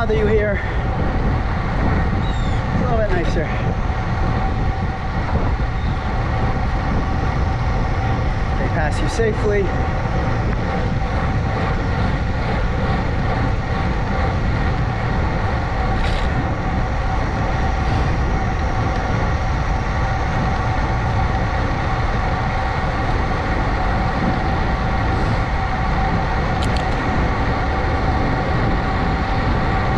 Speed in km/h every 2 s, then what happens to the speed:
27, 27, 27, 26, 27, 27, 27, 27, 29, 31, 31, 32, 32, 32, 34.
0-30 speeds up to 34.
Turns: none.